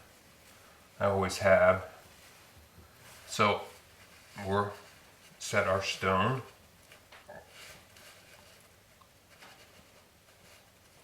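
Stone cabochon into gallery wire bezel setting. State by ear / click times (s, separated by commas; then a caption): not seated / none. Someone talks while a sugilite stone cabochon for a hook bracelet bangle is placed and lined up in a gallery-wire bezel setting before being pushed home. After the talking stops, only faint, soft handling sounds follow, including a brief small tap around 7.1 s. The stone has not seated or clicked yet.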